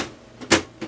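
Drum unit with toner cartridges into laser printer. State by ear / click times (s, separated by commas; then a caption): seated / 0.5 s. A drum unit holding the toner cartridges is slid gently into a Brother HL 3075cw laser printer and pushed until it latches. It seats with a sharp, loud click at 0.5 s, followed by a fainter knock at 0.8 s.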